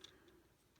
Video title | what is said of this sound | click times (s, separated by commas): Transformers Earthrise Leader Class DoubleDealer Review | and then this kind of does this weird little hingey thing and it just kind of comes up and clicks into place there | 0.0 s